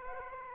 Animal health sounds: mosquito wingbeat signal from an infrared sensor; Aedes aegypti

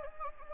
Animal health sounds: mosquito wingbeat signal from an infrared sensor; Anopheles gambiae

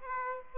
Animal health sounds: mosquito wingbeat signal from an infrared sensor; Aedes aegypti

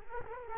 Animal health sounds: mosquito wingbeat signal from an infrared sensor; Culex quinquefasciatus

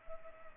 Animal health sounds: mosquito wingbeat signal from an infrared sensor; Culex pipiens

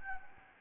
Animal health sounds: mosquito wingbeat signal from an infrared sensor; Anopheles gambiae

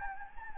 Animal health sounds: mosquito wingbeat signal from an infrared sensor; Anopheles gambiae

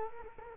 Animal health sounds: mosquito wingbeat signal from an infrared sensor; Culex quinquefasciatus

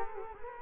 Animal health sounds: mosquito wingbeat signal from an infrared sensor; Culex quinquefasciatus

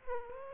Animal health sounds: mosquito wingbeat signal from an infrared sensor; Aedes aegypti

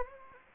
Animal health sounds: mosquito wingbeat signal from an infrared sensor; Anopheles gambiae

